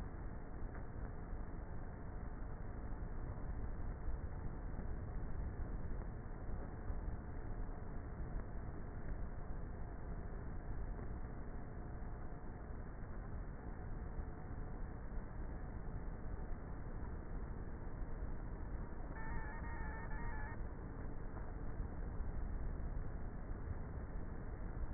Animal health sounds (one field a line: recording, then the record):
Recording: honeybee colony, microphone inside the hive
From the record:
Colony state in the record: queenless with a low population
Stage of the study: before two queens were removed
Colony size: about 30,000 bees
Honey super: no